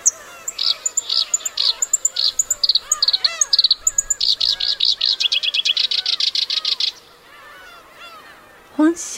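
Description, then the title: Black-browed reed warbler song: rapid runs of high, buzzy repeated notes in shifting phrases, with many lower arching calls from other birds beneath. Recorded on Teuri Island, Hokkaido, Japan. "天売島（北海道）のコヨシキリ"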